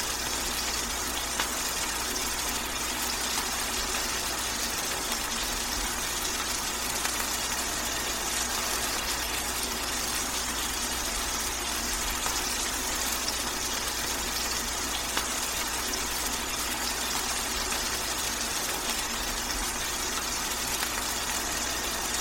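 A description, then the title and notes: Steady rain hisses evenly for the whole stretch, a dense, bright wash with no pauses or swells. Faint scattered ticks of drops sit within it, and a low, constant rumble like an idling engine hums underneath throughout. Rain.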